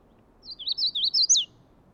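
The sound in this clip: Magnolia warbler song: a short run of several slurred, whistled notes that wobble up and down, ending on a higher, sharper note.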